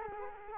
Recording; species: mosquito wingbeat signal from an infrared sensor; Culex quinquefasciatus